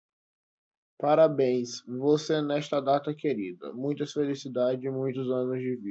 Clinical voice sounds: short text; Brazilian Portuguese; female; 20 to 29 years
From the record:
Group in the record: control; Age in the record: 21 years

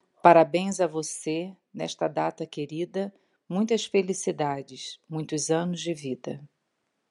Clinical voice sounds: short text; Brazilian Portuguese; female; 50 to 59 years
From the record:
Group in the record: control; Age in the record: 57 years

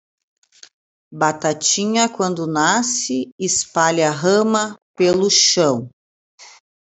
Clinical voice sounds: short text; Brazilian Portuguese; female; 40 to 49 years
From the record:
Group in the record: control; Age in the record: 48 years

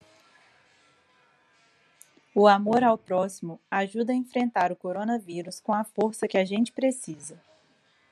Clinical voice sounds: spoken sentence; Brazilian Portuguese; female; 30 to 39 years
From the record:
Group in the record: control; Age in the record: 33 years

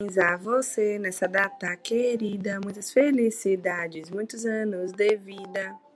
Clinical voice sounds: short text; Brazilian Portuguese; female; 20 to 29 years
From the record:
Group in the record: control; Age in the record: 27 years

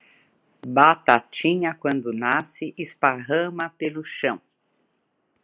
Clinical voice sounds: short text; Brazilian Portuguese; female; 60 to 69 years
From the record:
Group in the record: control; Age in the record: 67 years

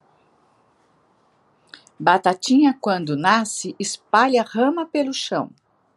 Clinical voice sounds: short text; Brazilian Portuguese; female; 60 to 69 years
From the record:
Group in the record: control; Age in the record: 64 years

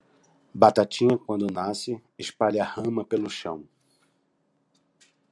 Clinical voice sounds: short text; Brazilian Portuguese; male; 50 to 59 years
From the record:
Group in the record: control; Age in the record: 56 years

